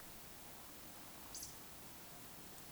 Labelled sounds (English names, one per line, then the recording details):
Eurasian Woodcock whistle
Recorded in Baden-Württemberg, Germany, on 26 May 2020 at 19:58 UTC
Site 45304, 487 m above sea level